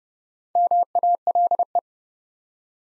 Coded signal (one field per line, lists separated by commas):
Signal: Morse code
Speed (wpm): 29 wpm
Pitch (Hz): 700 Hz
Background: none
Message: MALE